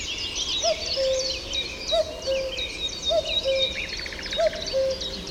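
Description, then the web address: Common cuckoo calling a falling two-note cu-coo four times, with many other birds chirping and trilling above. "chant didier collin coucou gris"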